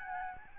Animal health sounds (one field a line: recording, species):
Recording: mosquito wingbeat signal from an infrared sensor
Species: Aedes albopictus